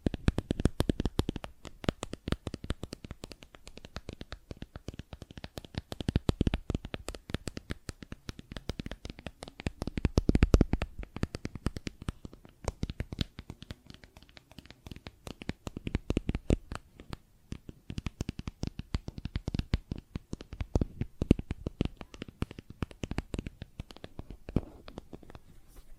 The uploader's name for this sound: Plastic Objects Tapping and Scratching